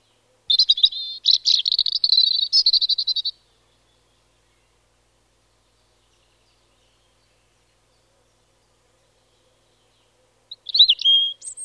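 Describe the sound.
European robin song, a rapid trilling high phrase for about three seconds, a long silence, then a sliding whistled phrase ending on a sharp high note.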